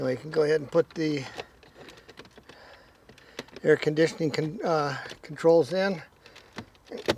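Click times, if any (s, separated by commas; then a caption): 7.1 s. Someone talks while an air conditioning control panel is fitted back into the dashboard of a Nissan Rogue, Altima, or Sentra during replacement of a noisy blower motor, with faint plastic taps in between. The panel is pressed in until its plastic clips pop into place with a sharp click at 7.1 s, seating it.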